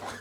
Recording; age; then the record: pig call; piglet (1 to 25 days)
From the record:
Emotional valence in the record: negative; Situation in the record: missed nursing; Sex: male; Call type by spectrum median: low-frequency call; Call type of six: mixed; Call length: 0.21 s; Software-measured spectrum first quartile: 687 Hz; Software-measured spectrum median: 1291 Hz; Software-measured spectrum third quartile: 2770 Hz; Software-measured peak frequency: 1027 Hz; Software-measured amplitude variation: 80 dB a second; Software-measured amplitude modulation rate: 24.2 a second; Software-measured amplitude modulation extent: 3.3 dB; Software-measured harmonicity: 0.0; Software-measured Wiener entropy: -1.27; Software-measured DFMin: 1045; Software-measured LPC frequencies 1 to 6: 776, 1594, 3442, 4039, 4945, 6385 Hz